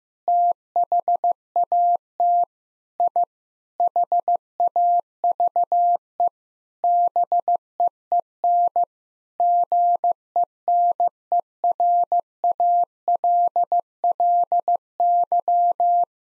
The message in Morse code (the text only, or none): THAT I HAVE BEEN GENERALLY